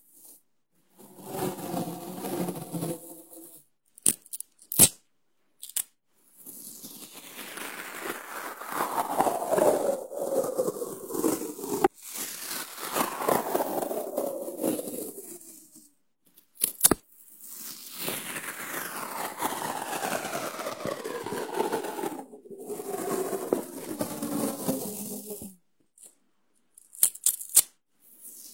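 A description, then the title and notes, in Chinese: Very sticky tape is pulled off the roll in long, loud rasping rips that sink in pitch, with sharp clicks and short pauses between pulls. 胶带超黏（呲啦声）。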